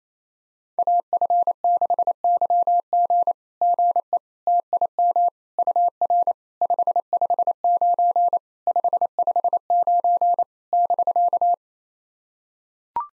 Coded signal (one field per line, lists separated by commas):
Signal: Morse code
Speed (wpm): 28 wpm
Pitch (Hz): 700 Hz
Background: none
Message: AF6YG GE TIM UR 559 559 <BK>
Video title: SOTA QSO Practice 28wpm